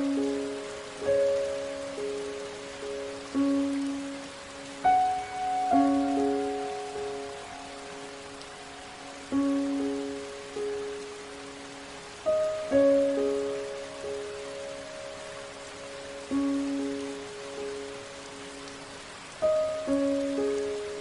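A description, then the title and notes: Soft piano music plays over steady rain, with gentle notes struck every second or two in a slow, repeating pattern. Each note rings and fades before the next. Behind it, a constant hiss of rainfall fills the background at an even level. Rain With Piano Music.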